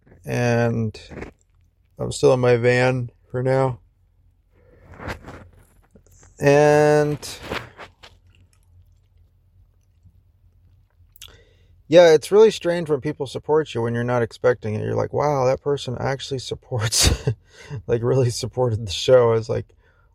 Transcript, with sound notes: and I'm still in my van for now. (microphone rustles) And... (smacks lips) Yeah, it's really strange when people support you when you're not expecting it. You're like, "Wow, that person actually supports," (laughs) like, really supported the show.